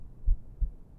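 Two soft, deep thumps of an adult's heartbeat, one lub-dub cycle, over a faint low hum.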